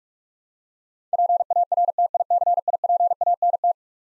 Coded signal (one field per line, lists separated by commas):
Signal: Morse code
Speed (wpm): 43 wpm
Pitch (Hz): 700 Hz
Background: none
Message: PARTICIPANT